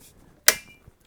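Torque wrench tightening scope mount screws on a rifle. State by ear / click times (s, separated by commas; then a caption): torque reached / 0.5 s. A torque wrench set to 20 inch-pounds tightens another scope mount screw on a rifle. A single sharp, loud click rings out at 0.5 s against a quiet background, then fades. The wrench has reached its 20 inch-pound setting, so the screw is torqued.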